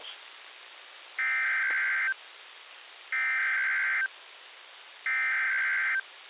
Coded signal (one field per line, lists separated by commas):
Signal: Emergency Alert System (SAME) tones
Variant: header bursts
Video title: [EAS #4] WXJ94 - Tornado Warning (July 29, 2021; 3:02 PM)